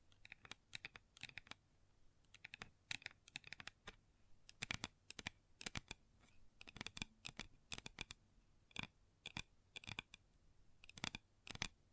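Long nails tap and scratch on a tabletop in quick, uneven bursts of sharp, bright clicks, with brief pauses between clusters and no talking.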